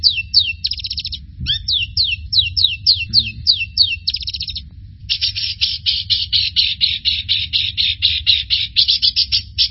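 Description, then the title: Bird singing a run of high, downward-slurred notes, a short pause, then a fast, dense chatter of chirps, with a low background hum throughout. "burung"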